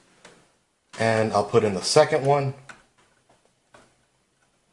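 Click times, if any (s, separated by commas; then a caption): none. A second 6-pin PCIe power cable connector is being handled to plug into the power socket of a PNY XLR8 GTX760 OC graphics card. Someone talks, and a few faint handling ticks follow. The connector has not seated or clicked in yet.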